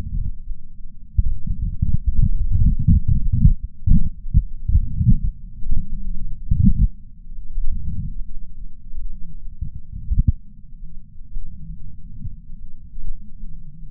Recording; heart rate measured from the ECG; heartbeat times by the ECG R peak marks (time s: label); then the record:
heart sounds by patch sensor on the chest; 69 bpm
0.43 s: heartbeat
1.27 s: heartbeat
2.13 s: heartbeat
3.00 s: heartbeat
3.86 s: heartbeat
4.71 s: heartbeat
5.58 s: heartbeat
6.45 s: heartbeat
7.32 s: heartbeat
8.19 s: heartbeat
9.06 s: heartbeat
9.93 s: heartbeat
10.80 s: heartbeat
11.69 s: heartbeat
12.57 s: heartbeat
13.47 s: heartbeat
From the record:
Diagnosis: coronary artery disease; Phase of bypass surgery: preoperative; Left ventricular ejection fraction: 52.3%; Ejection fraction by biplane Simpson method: 38%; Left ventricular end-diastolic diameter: 62 mm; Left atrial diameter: 45 mm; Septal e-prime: 4 cm/s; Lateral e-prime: 7 cm/s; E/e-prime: 12.2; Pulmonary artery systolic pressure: 24 mmHg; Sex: male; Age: 61 years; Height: 174 cm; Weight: 80 kg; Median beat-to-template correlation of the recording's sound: 0.91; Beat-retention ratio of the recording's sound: 0.97